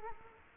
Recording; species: mosquito wingbeat signal from an infrared sensor; Culex quinquefasciatus